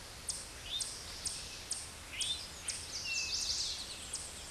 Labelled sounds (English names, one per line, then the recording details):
Chestnut-sided Warbler song
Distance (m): 10 m
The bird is about level with the microphone
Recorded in a Pennsylvania forest on 16 May 2024 at 08:22
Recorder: AudioMoth, point MSD-1849
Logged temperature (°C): 12.1 °C
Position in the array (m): 36 m, 31 m